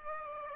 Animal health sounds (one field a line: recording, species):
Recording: mosquito wingbeat signal from an infrared sensor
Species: Aedes aegypti